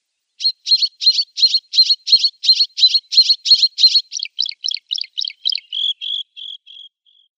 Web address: Schulze Peter Bluethroat song